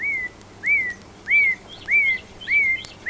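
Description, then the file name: Common nightingale: a series of clear whistled notes, each rising then falling, repeated at a steady pace of a little over half a second. "Luscinia megarhynchos"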